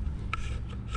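The metal collapsible lens on a Leica M1 rangefinder-style film camera body is twisted toward its extended position over a low rubbing, rasping background. After several tries, a sharp click at 0.3 seconds marks the lens locking into place, and it is confirmed locked.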